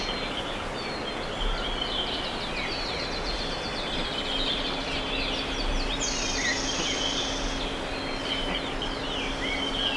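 Bird calls in a dense chorus, many short whistled and trilled notes overlapping above a steady insect hum, joined later by a low steady tone.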